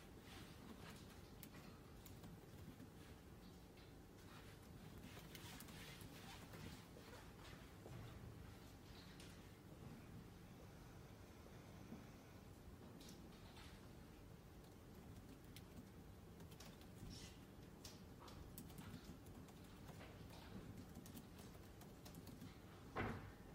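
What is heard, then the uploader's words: Library ambience with a steady low murmur, scattered small clicks and shuffles throughout, and one sharper knock near the end. Glasgow library. (university of glasgow).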